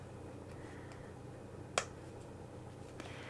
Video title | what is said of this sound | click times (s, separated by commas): Gingerbread Cookie Christmas Crochet Amigurumi Tutorial - crochet your own Gingerbread Buddy! | push them down onto the stem until they click rather satisfyingly | 1.8 s, 3.0 s